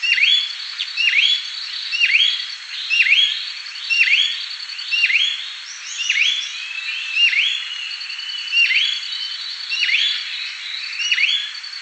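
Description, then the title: Bird singing a steady series of dipping whistled phrases about once a second, interleaved with faint high twittering and a constant thin high-pitched tone in the background. "LuckyPassaro Completos2Sama"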